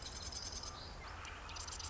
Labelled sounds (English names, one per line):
Marsh Wren